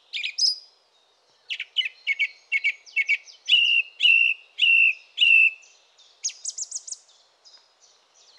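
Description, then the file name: Song thrush delivering varied phrases, each repeated: sharp chipping notes several times over, then a mellow whistle given three times, then high trilled notes. "Fernand Deroussen feat Chiff-Chaff - Grive musicienne"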